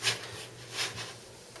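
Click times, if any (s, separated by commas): none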